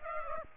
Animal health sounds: mosquito wingbeat signal from an infrared sensor; Aedes aegypti

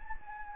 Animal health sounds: mosquito wingbeat signal from an infrared sensor; Anopheles gambiae

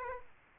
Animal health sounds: mosquito wingbeat signal from an infrared sensor; Aedes aegypti

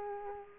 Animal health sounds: mosquito wingbeat signal from an infrared sensor; Culex quinquefasciatus

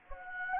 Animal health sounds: mosquito wingbeat signal from an infrared sensor; Anopheles gambiae

